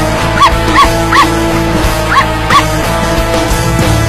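A dog barks in quick, high yaps, three in a row and then two more after a short pause, over a steady low background hum.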